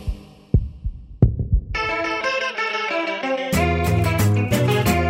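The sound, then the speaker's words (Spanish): A few deep, muffled heartbeat thumps in a loose double rhythm, then a sustained synth chord swells in and grows into fuller, louder music. “Sentí la radio. Latidos de radio.”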